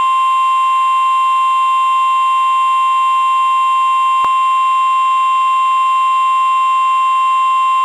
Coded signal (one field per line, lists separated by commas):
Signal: Emergency Alert System (SAME) tones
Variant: 1050 Hz attention tone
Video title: EAS DESTRUCTIVE Severe Thunderstorm Warning in Texas for SOFTBALL sized hail 3-1-23